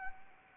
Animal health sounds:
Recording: mosquito wingbeat signal from an infrared sensor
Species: Anopheles arabiensis

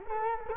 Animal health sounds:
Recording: mosquito wingbeat signal from an infrared sensor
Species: Culex quinquefasciatus

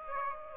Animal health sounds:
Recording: mosquito wingbeat signal from an infrared sensor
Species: Aedes aegypti

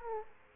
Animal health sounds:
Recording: mosquito wingbeat signal from an infrared sensor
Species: Aedes aegypti

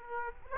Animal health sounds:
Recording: mosquito wingbeat signal from an infrared sensor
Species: Aedes aegypti

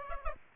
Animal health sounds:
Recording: mosquito wingbeat signal from an infrared sensor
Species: Aedes aegypti

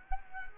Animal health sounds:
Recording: mosquito wingbeat signal from an infrared sensor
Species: Culex quinquefasciatus

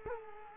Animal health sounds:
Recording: mosquito wingbeat signal from an infrared sensor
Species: Culex quinquefasciatus

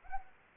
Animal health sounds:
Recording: mosquito wingbeat signal from an infrared sensor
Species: Anopheles arabiensis

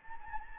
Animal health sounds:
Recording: mosquito wingbeat signal from an infrared sensor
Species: Anopheles gambiae

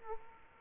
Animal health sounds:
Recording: mosquito wingbeat signal from an infrared sensor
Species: Aedes aegypti

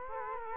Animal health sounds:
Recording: mosquito wingbeat signal from an infrared sensor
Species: Culex quinquefasciatus

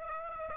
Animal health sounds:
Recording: mosquito wingbeat signal from an infrared sensor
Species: Aedes aegypti

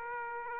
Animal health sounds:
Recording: mosquito wingbeat signal from an infrared sensor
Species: Aedes aegypti

